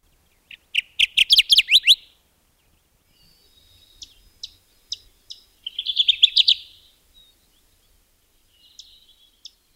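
Kirtland's Warbler singing two loud, rapid chippy phrases, with scattered faint notes between them.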